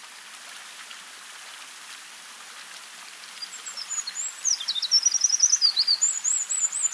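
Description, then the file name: Eurasian wren song starting after about three seconds of faint hiss, a rapid, very high series of chattering notes and trills that runs to the end. "Troglodytes troglodytes"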